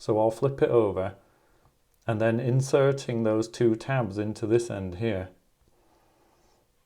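Someone talks while flipping a Mercedes-Benz key fob's battery cover over and inserting its two tabs into one end of the key fob housing, with faint small handling ticks at about 1.6 s and 1.9 s. The cover's back edge has not been pressed down yet, and nothing has seated or clicked.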